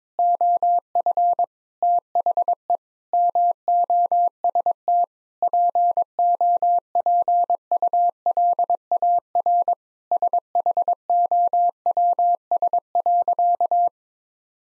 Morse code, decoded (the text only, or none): OF THE MOST POPULAR SHOWS.